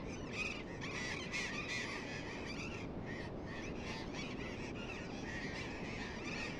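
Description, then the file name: Burrowing parrots uttering grating, screeching calls in quick succession, several birds overlapping, against a steady low rushing noise. Several burrowing parrots together. "tomas miguel - loros barranqueros"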